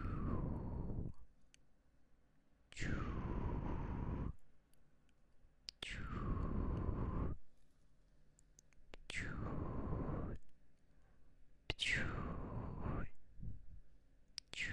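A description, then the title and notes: Mouth sounds: five breathy, rushing bursts about every three seconds, each sliding down in pitch, with faint clicks in the quiet between them. 戳戳你的眼睛 | 口腔音×視覺觸發 | MouthSounds | Visual Triggers | NO Talking.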